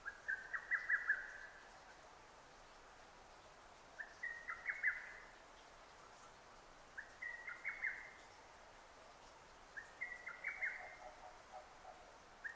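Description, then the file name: Lesser cuckoo song: four choppy phrases of clipped whistles, repeated about every three seconds with quiet gaps between. Recorded 6 June 2009. "hototogisu-20090606"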